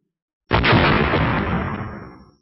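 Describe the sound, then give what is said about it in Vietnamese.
A sudden, loud, sky-shaking explosion as golden dragons of lightning power crash into a barrier bursts in with a sharp attack, then a deep, rumbling roar that slowly fades over about two seconds, with no voices present. “Nương theo một trận nổ oanh minh chấn động thiên khung, những con kim sắc giao long”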